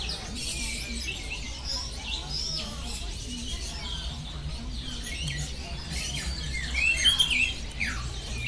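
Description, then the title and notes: Birds chirping in a steady, crowded chorus of short high notes, with a few clearer whistled notes near the end over low hum. Birds singing at the Bird Garden, Mongkok, Hong Kong, 15 February 2008; recorded with AKG condenser microphones in XY stereo. "香港 旺角 雀鳥花園 雀鳥唱歌 (內附有人類語言中的粗囗) Bird Singing in the Bird Garden, Mongkok, Hong Kong Date: 15 February 2008"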